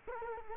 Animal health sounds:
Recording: mosquito wingbeat signal from an infrared sensor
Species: Culex quinquefasciatus

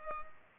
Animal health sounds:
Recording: mosquito wingbeat signal from an infrared sensor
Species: Culex pipiens

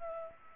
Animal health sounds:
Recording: mosquito wingbeat signal from an infrared sensor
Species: Culex pipiens

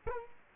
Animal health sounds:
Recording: mosquito wingbeat signal from an infrared sensor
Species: Culex quinquefasciatus

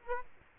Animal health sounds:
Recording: mosquito wingbeat signal from an infrared sensor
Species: Culex quinquefasciatus

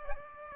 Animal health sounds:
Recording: mosquito wingbeat signal from an infrared sensor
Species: Aedes aegypti

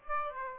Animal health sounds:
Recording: mosquito wingbeat signal from an infrared sensor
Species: Aedes aegypti

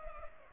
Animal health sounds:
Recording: mosquito wingbeat signal from an infrared sensor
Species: Culex pipiens

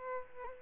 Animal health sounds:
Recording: mosquito wingbeat signal from an infrared sensor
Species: Aedes aegypti

